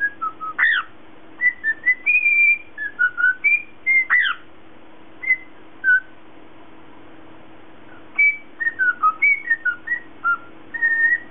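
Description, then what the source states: Cockatiel giving bursts of whistled notes, a few sharp rising-falling chirps among held tones, with a quiet gap midway before whistling resumes; faint steady hum. Lutino colour variety.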